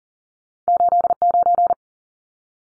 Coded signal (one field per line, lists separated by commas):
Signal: Morse code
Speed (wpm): 40 wpm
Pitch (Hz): 700 Hz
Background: none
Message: 89